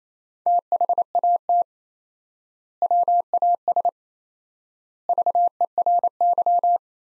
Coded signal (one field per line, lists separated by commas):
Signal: Morse code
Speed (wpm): 28 wpm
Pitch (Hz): 700 Hz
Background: none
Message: THAT WAS VERY